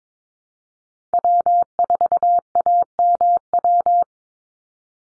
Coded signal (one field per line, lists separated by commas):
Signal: Morse code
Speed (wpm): 22 wpm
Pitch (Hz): 700 Hz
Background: none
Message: W4AMW